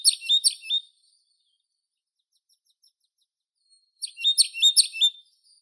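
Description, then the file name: European pied flycatcher song: two short, quick phrases of high, varied chirping notes a few seconds apart, with silence between. "Ficedula hypoleuca"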